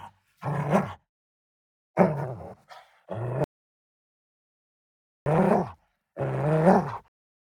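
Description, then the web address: Doberman snarling in several low, rough, voiced bursts with harsh harmonics, separated by silent pauses. Aggressive snarl. "doberman snarl aggressive medium"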